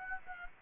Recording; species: mosquito wingbeat signal from an infrared sensor; Aedes aegypti